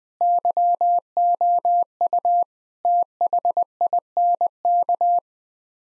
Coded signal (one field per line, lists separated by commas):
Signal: Morse code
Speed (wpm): 21 wpm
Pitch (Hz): 700 Hz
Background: none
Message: YOU THINK